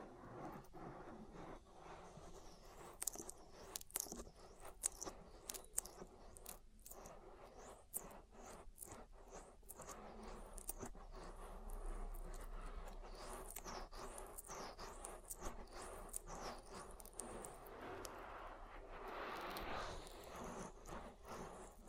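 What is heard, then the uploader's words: A slick ear massage with oily rubbing and squelching. Dense scratchy strokes and sharp clicky pops come in quick irregular bursts, with gliding rubs that rise and fall in pitch. A steady low rumble sits underneath, swelling near the end. ASMR Oil Ear Massage for Deep Relaxation (No Talking).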